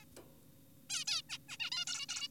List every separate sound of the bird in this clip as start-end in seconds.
0.90-1.04, 1.08-1.22, 1.30-1.38, 1.49-1.57, 1.60-1.70, 1.72-1.85, 1.87-2.06, 2.09-2.28